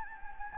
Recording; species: mosquito wingbeat signal from an infrared sensor; Anopheles gambiae